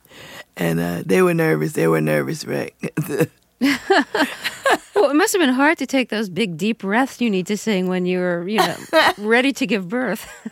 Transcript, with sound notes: And they were nervous. They were a nervous wreck.
(LAUGHTER)
Well, it must have been hard to take those big, deep breaths you need to sing when you were, you know, ready to give birth.